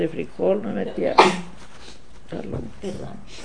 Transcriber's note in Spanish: estornudo